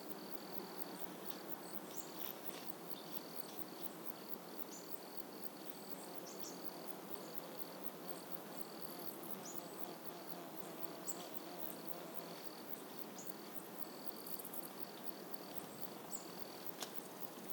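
A warm summer morning hums with close insects, a thick steady buzz filling the low and middle range throughout. A high, thin insect trill pulses on and off near the top, while faint bird chirps flicker in the background, with a sharp click near the end.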